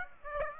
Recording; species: mosquito wingbeat signal from an infrared sensor; Aedes aegypti